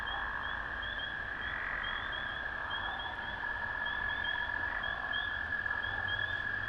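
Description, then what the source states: Amphibians calling in a continuous high trill with rapid pulsed notes, a swell early on and a lower rattling trill running through the middle. Recorded at a valley pond, 05/03/2020.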